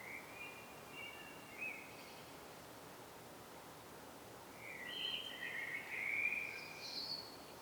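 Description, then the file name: Common blackbird song: brief soft fluty notes early, then a fuller warbled phrase ending in a high, thin twitter, over steady background noise. "Turdus merula"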